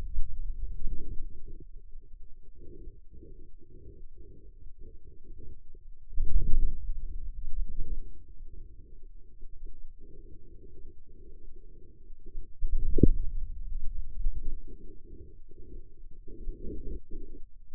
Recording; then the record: forearm muscle sounds (acoustic myography)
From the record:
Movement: hand closing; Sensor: system 2, bracelet of six BSWA MPA416 microphones around the upper forearm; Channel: 5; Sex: male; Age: 22 years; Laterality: right